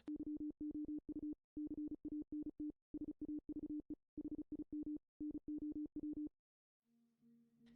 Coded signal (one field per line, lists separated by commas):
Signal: Morse code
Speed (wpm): 34 wpm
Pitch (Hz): 300 Hz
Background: none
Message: YOU CANT SAVE HIM NOW